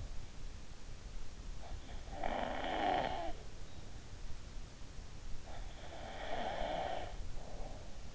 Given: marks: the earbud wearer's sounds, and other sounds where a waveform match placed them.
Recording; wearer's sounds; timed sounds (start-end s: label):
sounds in sleep by an in-ear microphone; snoring breath
1.62-3.83 s: snoring breath
6.11-8.15 s: snoring breath